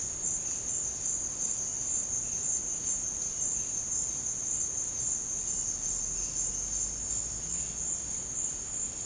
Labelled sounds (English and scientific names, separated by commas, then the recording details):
none
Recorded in secondary vegetation near Puerto Asís, Putumayo, Colombia, on 21 March 2025 at 15:00
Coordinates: 0.502, -76.326
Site G100